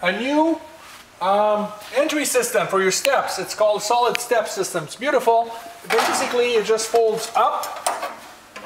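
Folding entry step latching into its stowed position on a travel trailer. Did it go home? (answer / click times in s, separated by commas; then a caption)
yes / 8.6 s. Someone talks while the folding metal Solid Step entry steps on a 2019 Venture RV SportTrek 271VMB travel trailer are folded up into their stowed position. A short metallic hit at 8.6 s marks the steps locking in place.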